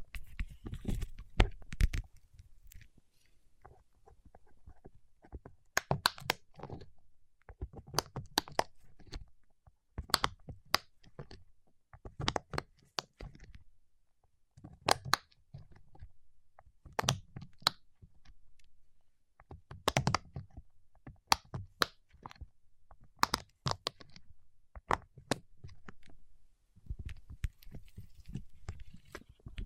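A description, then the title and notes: Fingertips press and pull at wax in irregular bursts, each a quick cluster of crisp, sticky clicks over a soft low thud. Short silent gaps separate the bursts, which come roughly every second throughout, with no other sounds. ASMR with Wax Fingertips for Sleep (No Talking).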